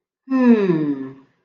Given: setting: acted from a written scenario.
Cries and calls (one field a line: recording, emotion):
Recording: vocal sound without words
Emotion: contentment